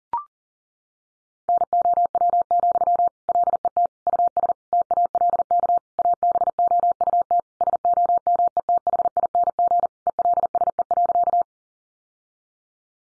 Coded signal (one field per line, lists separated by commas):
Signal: Morse code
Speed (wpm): 37 wpm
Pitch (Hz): 700 Hz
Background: none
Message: NOW, LET US TALK ABOUT SOMETHING ELSE.